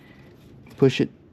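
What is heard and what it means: A plastic factory aux switch/connector part for a 2019-or-newer Ram 2500/3500 is being slid down its small mounting track. Over quiet background, someone talks briefly around 0.8 to 1.1 seconds. Nothing has clicked or seated yet.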